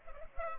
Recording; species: mosquito wingbeat signal from an infrared sensor; Culex pipiens